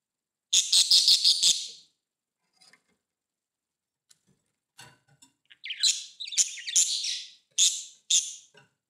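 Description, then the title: Budgerigar calls: a brief rapid buzzy burst, a quiet pause with faint clicks, then a lively run of warbled chirps. "Budgie Sounds"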